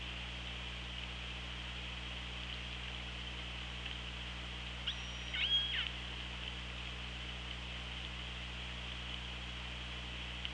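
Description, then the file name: Orca call: a single harmonic call midway through, set against a steady low drone and hiss. Recorded on the OrcaLab hydrophone on 24 August 2017 at 16:32. "Orca Lab UTLN JASON 20170824 163210"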